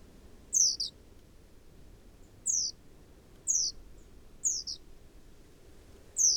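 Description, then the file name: Great tit calls: five bursts of high, thin descending notes at irregular intervals, over low background noise. "Parus major"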